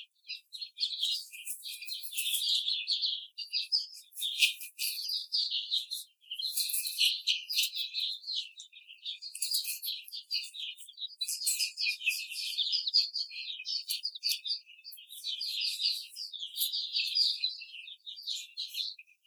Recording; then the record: young laying hens in a cage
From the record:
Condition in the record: treatment cage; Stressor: simulated dog barking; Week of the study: 5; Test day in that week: 1